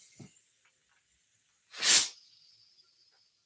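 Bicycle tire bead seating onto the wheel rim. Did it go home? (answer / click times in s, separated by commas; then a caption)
no / none. A bicycle tire is being inflated on its wheel rim, with the tire bead still sitting low on the rim. A faint low thump comes near 0.2 s, then a loud broad hiss swells from about 1.7 s to 2.1 s, leaving a thin high tone that lingers to the end. Nothing has seated or clicked yet; the bead has not popped into place on the rim.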